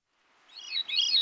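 Veery song fragment, a brief high swirling phrase that grows louder.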